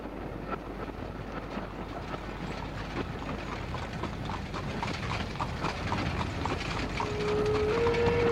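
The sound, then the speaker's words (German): Horse hooves clip-clop in a steady, brisk rhythm over a low rumble of carriage wheels as the horses drawing the carriage are urged on, growing slightly louder toward the end, with no voices. “Schnell, schnell. Treiben Sie Ihre elenden Keule an.”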